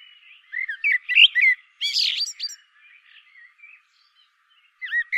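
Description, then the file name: Common blackbird delivering quick mellow warbles, then a loud squeaky twittering burst, soft trailing notes, and the start of a new phrase at the end. "Turdus merula"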